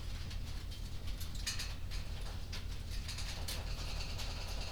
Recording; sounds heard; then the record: poultry house recording; no chicken sound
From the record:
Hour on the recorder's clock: 21